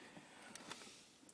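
A plastic plug for the footwell light on a BMW E46 3.18i is pushed back into its socket under the dashboard trim during a final stage resistor replacement. Two short sharp clicks at 0.6 and 0.7 seconds mark the plug seating, with a fainter tick at 1.3 seconds. The plug is seated, ready for the trim to go back up.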